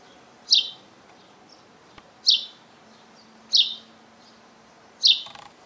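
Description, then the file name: House sparrow chirping: four loud, sharp descending chirps spaced well over a second apart, with soft faint notes between them and a low steady hum underneath. "Passer domesticus"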